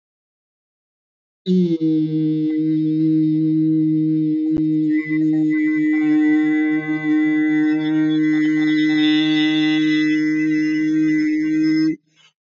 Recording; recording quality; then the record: sustained vowel as in beet; excellent, no background noise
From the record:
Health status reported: healthy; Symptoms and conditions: diabetes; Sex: male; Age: 36 years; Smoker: not ticked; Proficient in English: yes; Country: India